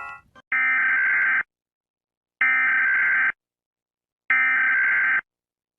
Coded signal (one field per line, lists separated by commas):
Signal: Emergency Alert System (SAME) tones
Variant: header bursts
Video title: countrys eas alarms #countryballs #memes #funny #qaulity